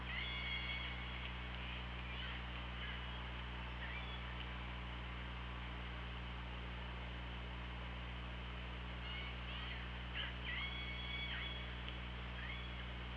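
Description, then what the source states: Killer whale calls, two bursts of rising and falling tonal squeals with harmonics, one near the start and another about nine seconds later, over a steady low underwater hum. OrcaLab hydrophone, 24 August 2017, 18:52.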